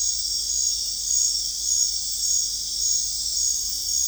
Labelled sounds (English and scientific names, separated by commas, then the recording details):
none
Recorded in secondary vegetation near Puerto Asís, Putumayo, Colombia, on 20 December 2024 at 21:00
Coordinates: 0.484, -76.319
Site GP06